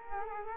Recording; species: mosquito wingbeat signal from an infrared sensor; Culex quinquefasciatus